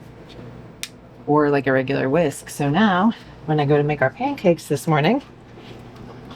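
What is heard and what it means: A folding whisk is twisted so its wires lock into the handle collar, setting it in the open, regular-whisk position with one short, sharp click at 0.8 s. The whisk is confirmed locked open, and then someone talks.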